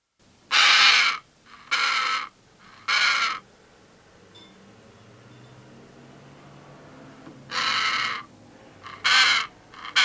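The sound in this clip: Pesquet's parrot calling with loud, grating screeches, three in quick succession, a pause of several seconds, then three more harsh rasps.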